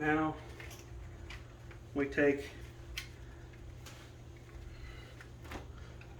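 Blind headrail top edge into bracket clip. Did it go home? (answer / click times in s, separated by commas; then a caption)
no / none. A horizontal blind's headrail is handled with its top edge brought toward the bracket clips while someone talks briefly at the start and again around 2 seconds. Faint scattered handling taps and ticks follow over a low steady hum. The top edge has not popped into the bracket yet, so nothing has seated or clicked.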